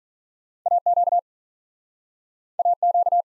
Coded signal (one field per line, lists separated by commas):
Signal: Morse code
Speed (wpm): 46 wpm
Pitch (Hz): 700 Hz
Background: none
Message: A Q A Q